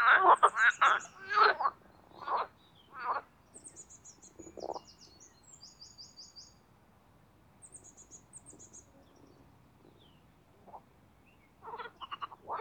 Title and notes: Les grenouilles et l’avion. Parc Chédeville dans l'Oise. des grenouilles rieuses se donnent rendez-vous au printemps pour un concert amoureux. La Grenouille rieuse ( Pelophylax ridibundus )